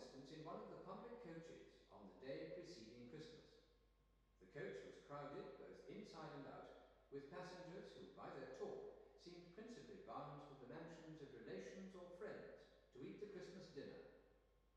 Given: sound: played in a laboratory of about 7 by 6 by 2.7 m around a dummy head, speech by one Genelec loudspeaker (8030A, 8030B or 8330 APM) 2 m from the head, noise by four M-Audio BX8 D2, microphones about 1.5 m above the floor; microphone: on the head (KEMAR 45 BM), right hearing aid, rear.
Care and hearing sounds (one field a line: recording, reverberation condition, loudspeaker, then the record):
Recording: male speech in English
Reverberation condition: high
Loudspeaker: 60 degrees to the left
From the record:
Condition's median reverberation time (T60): about 1300 ms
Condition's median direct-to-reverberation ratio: about -4.0 dB